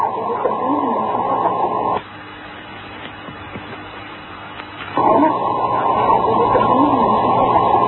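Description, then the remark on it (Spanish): A seal call, presented as the supposed sound of Nessie, the Loch Ness monster, in two loud, muffled stretches of wavering, moaning tones, separated by a few seconds of quieter hiss, with the second burst lasting to the end. “Me hundieron en la miseria cuando dijeron que era un sonido de una foca.”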